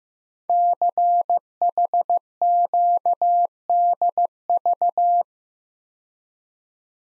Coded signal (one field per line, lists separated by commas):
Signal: Morse code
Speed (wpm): 15 wpm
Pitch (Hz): 700 Hz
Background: none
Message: CHQDV